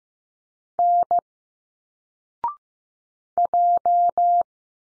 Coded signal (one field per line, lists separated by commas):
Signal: Morse code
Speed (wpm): 15 wpm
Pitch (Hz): 700 Hz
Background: none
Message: N J